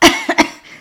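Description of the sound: A strong cough burst, then two shorter ones within a second, somewhat rough and voiced, in a small room. An adult woman has a lingering cough after a cold that has dragged on for two weeks. The cough is constant and worse at night. Her voice is still slightly hoarse, and her colds tend to turn into bronchitis.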